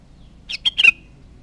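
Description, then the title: Sooty-headed bulbul song, one short phrase of three bubbly notes ending in a drawn-out slur. "Kutilang"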